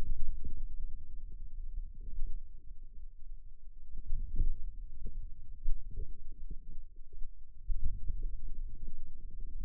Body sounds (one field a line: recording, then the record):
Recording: forearm muscle sounds (acoustic myography)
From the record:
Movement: wrist extension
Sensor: system 2, bracelet of six BSWA MPA416 microphones around the upper forearm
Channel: 6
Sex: male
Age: 22 years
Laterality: right